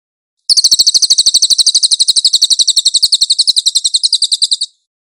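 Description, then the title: Cililin singing a rapid high trill, notes pulsing several times a second for about four seconds, starting and ending cleanly with silence around it. "SUARA BURUNG CILILIN"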